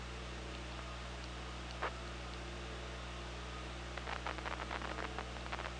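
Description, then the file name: Orca clicks: one isolated click early, then a rapid train of sharp clicks in the last two seconds, over steady low humming underwater noise. Recorded on the OrcaLab hydrophone, 24 August 2017, at 15:31. "Orca Lab UTLN JASON 20170824 153113"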